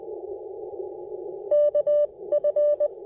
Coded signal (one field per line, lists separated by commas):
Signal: Morse code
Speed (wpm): 20 wpm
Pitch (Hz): 590 Hz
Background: radio noise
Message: K F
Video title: Ham Radio Workbenches On The Air & POTA: A very long QRP activation video using CW and SSB!